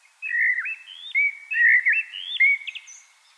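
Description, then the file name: Common blackbird singing a continuous flowing warble of rounded, slurred whistles, rising and falling in short connected notes. "Turdus merula"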